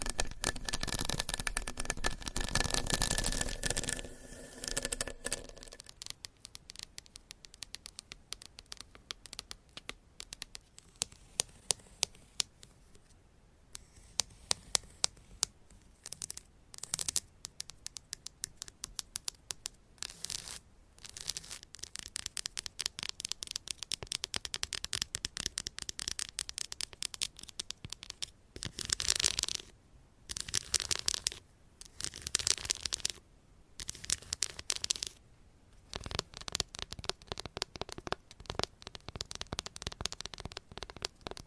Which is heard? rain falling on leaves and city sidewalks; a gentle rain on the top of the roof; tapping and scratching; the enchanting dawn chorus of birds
tapping and scratching